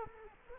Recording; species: mosquito wingbeat signal from an infrared sensor; Culex quinquefasciatus